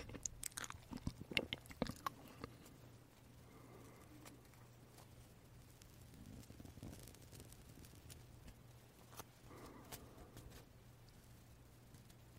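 Someone eats marshmallows, with soft sticky bites and chewing clicks packed densely in the first two and a half seconds, then sparser squishy chewing through the rest. A few sharp smacks return around nine to ten seconds, over a steady low hum throughout.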